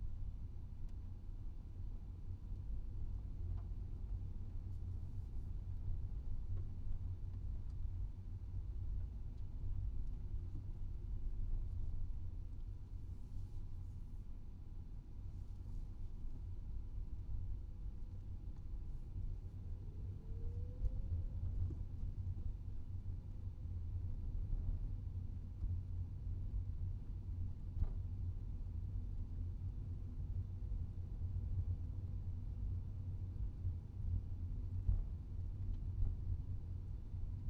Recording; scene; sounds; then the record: everyday scene through a hearing-aid microphone; in a vehicle; engine, rumble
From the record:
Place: Skoda Fabia, gasoline engine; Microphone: in the ear canal, right